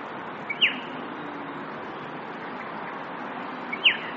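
Striated pardalote uttering two crisp chip notes, each a fast falling sweep led by a soft tick, spaced about three seconds apart over a continuous hissing background.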